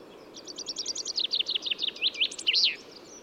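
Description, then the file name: Common chaffinch song with a bright rattling run of notes that slows into louder, lower-dropping phrases and ends in an emphatic terminal flourish. "Fringilla coelebs"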